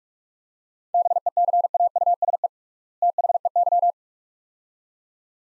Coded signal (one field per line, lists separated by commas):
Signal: Morse code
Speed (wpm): 47 wpm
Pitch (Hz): 700 Hz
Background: none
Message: BECAUSE THEY